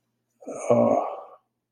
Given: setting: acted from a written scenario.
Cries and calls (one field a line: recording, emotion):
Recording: vocal sound without words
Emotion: shame